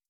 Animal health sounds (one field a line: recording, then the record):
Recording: hydrophone in a shrimp aquaculture tank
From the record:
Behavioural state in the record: starved